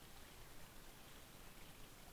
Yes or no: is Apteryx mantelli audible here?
no